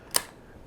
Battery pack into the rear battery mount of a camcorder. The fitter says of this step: slide them down they click in place there's a release button right here if you need to take them out again